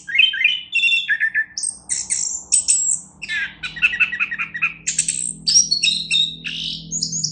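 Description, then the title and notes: Orange-headed thrush in continuous, varied song mixing descending whistles, harsh buzzy notes and rapid chattering trills. National champion bird. "Anis Kembang Juara Nasional. kicau anis kembang"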